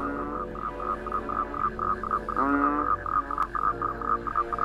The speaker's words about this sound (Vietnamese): Phía dưới sâu, tiếng ếch nhái ỉ õm vang lên đến não cả ruột.